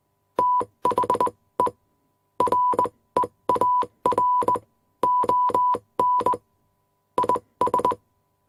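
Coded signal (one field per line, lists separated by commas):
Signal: Morse code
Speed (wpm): 20 wpm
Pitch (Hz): 990 Hz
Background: none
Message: THE REAR ON IS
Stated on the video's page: Morse code machine sound effects with beeps, clicks and static.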